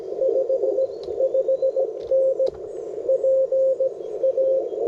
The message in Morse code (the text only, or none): 55N PA